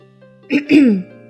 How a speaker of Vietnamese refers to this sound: Triệu Phổ ho khan một tiếng, cảm thấy hơi lúng túng.